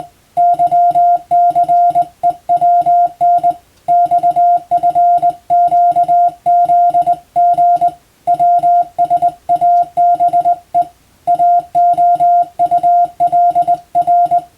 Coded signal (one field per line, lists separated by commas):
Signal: Morse code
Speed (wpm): 20 wpm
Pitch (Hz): 700 Hz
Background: music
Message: YCEWN XFQZG WSABE AOULR